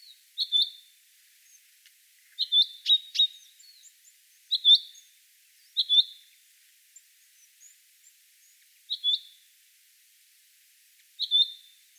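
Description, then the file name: Common chaffinch uttering bright, short, high call notes in irregular bursts, often doubled, with a few faint high ticks in between. "Fringilla coelebs"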